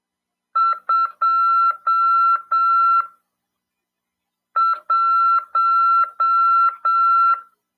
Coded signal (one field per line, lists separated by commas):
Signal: Morse code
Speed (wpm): 7 wpm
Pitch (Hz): 1350 Hz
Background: none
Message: 21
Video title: RADIOAMADOR 1ªEd. 6/12/2022 "AULA 40: CW, LEGIS e C.RODADA" FM 146.410 Mhz. PY2EXU PAULO CRASP/RAF.